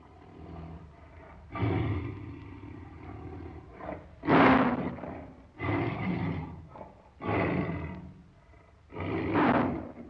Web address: sounds tiger